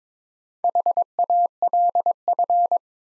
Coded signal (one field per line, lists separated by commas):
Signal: Morse code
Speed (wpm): 22 wpm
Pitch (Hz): 700 Hz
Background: none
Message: HALF